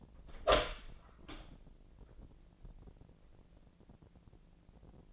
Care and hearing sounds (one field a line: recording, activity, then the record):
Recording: daily activity, microphone in the room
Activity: open door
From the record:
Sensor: 5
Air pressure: 1012.4 hPa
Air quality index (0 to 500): 160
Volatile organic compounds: 2 ppm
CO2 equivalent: 1090 ppm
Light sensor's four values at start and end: 205/497/208/228 and 210/510/213/234